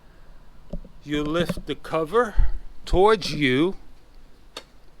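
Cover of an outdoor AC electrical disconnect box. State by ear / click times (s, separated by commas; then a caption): seated / 4.6 s. The plastic/metal cover of an outdoor AC electrical disconnect (fuse) box, part of a Fujitsu 9000 BTU 26 SEER floor-mount install, is lifted toward the person and then dropped down. Someone talks, and a sharp tick at 4.6 s marks the cover locking into place.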